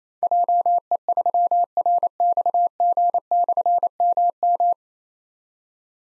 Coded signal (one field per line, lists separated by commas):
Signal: Morse code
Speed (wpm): 27 wpm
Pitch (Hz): 700 Hz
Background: none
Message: JE3RXG/MM